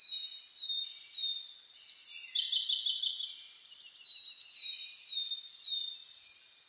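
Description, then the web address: Birds in a dawn chorus, many high overlapping whistles and chirps, with a denser burst of rapid trilled notes in the middle. Dawn chorus (reimei) of birdsong (saezuri), recorded 10 May 2010. "reimei DH-D 50-saezuri-20100510"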